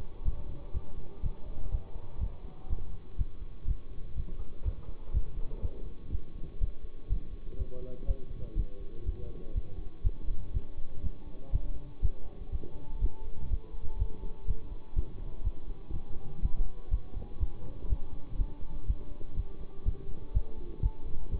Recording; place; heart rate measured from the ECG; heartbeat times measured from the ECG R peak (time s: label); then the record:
heart sounds by stethoscope; between the tricuspid and mitral areas; 122 bpm
0.23 s: heartbeat
0.72 s: heartbeat
1.21 s: heartbeat
1.70 s: heartbeat
2.19 s: heartbeat
2.68 s: heartbeat
3.16 s: heartbeat
3.65 s: heartbeat
4.14 s: heartbeat
4.63 s: heartbeat
5.12 s: heartbeat
5.60 s: heartbeat
6.10 s: heartbeat
6.58 s: heartbeat
7.07 s: heartbeat
7.57 s: heartbeat
8.05 s: heartbeat
8.54 s: heartbeat
9.04 s: heartbeat
9.53 s: heartbeat
10.02 s: heartbeat
10.52 s: heartbeat
11.01 s: heartbeat
11.50 s: heartbeat
12.00 s: heartbeat
12.50 s: heartbeat
12.99 s: heartbeat
13.48 s: heartbeat
13.97 s: heartbeat
14.46 s: heartbeat
14.94 s: heartbeat
15.42 s: heartbeat
15.91 s: heartbeat
16.40 s: heartbeat
16.89 s: heartbeat
17.38 s: heartbeat
17.87 s: heartbeat
18.36 s: heartbeat
18.85 s: heartbeat
19.35 s: heartbeat
19.83 s: heartbeat
20.32 s: heartbeat
20.81 s: heartbeat
21.30 s: heartbeat
From the record:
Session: bicycle stress test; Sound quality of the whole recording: good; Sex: male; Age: 24 years